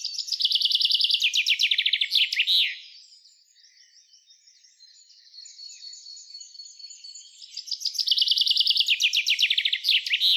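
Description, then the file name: Common chaffinch song: a fast trilled strophe ending in a short flourish, then after a few seconds of faint thin notes a second trilled strophe. "Fringilla coelebs"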